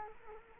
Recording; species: mosquito wingbeat signal from an infrared sensor; Culex quinquefasciatus